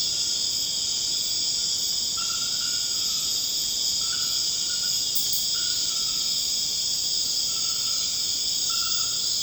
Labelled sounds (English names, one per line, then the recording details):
none
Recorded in dense forest near Puerto Asís, Putumayo, Colombia, on 24 March 2025 at 23:30
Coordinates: 0.481, -76.323
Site G088